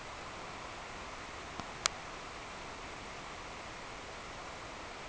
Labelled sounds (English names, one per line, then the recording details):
none
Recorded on Arctic tundra, site NAIT-1, on 26 June 2018
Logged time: 09:00